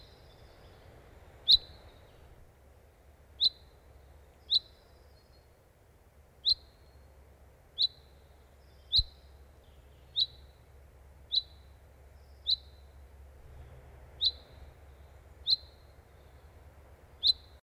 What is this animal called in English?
Common Chaffinch